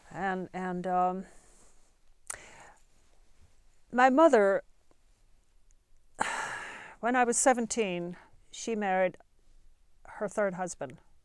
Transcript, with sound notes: And my mother (she sighs) when I was seventeen, she married her third husband